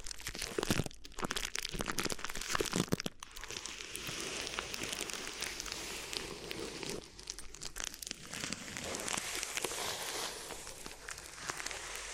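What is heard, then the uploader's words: Crinkly material is rubbed and crumpled in a steady, dense stream of crackling, papery rustles for the full twelve seconds. The sound is bright and hissy, with brief dips near one and three seconds and slight swells and fades in the later half. ASMR Addictive Crinkly Ear Massage (No Talking).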